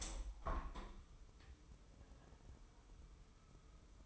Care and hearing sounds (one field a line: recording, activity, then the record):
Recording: daily activity, microphone in the room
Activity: open window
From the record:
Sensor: 1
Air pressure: 1015.0 hPa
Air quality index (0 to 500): 25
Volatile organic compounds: 0 ppm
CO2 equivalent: 503 ppm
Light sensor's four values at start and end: 10/25/10/11 and 11/27/11/12